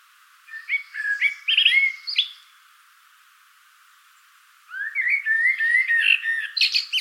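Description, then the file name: Common blackbird singing two fluty, warbling phrases about four seconds apart, the second longer and ending in high, thin twittering notes. "Turdus merula"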